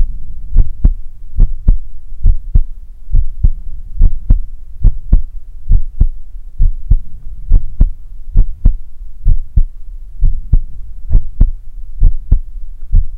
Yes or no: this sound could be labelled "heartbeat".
yes